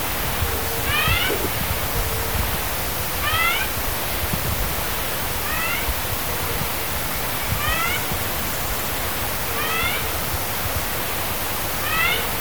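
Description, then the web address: Spotted nightingale-thrush call: short stacked upslurred notes repeated about every two seconds over heavy rushing noise. Recorded in Ecuador. "Birds of Ecuador. Spotted Nightingale-Thrush"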